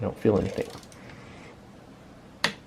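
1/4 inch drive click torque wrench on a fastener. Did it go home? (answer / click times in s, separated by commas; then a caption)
yes / 2.4 s. Someone talks briefly while pulling a Tekton 1/4 inch drive click torque wrench on a fastener, with quiet handling noise as the steady pull takes quite a bit of force. At 2.4 s the wrench breaks over with a single sharp click, confirming it has reached its torque setting.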